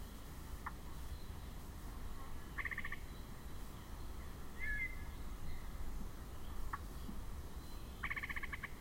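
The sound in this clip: Yellow-breasted chat giving harsh, buzzy chattering bursts near three and eight seconds, a short whistled note between them and a few sharp clicks, over steady low rumbling background noise.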